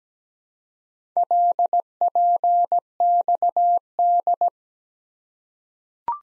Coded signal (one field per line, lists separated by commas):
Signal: Morse code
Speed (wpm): 17 wpm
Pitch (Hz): 700 Hz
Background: none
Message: LPXD